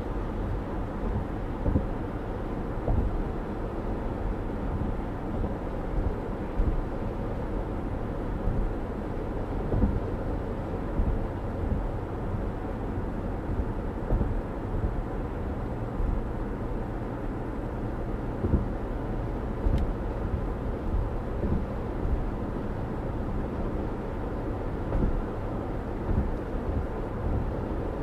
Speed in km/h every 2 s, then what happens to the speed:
108, 106, 106, 105, 105, 105, 105, 105, 108, 109, 111, 113, 113, 113.
0-14 steady at about 105. 14-28 speeds up to 113.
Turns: none.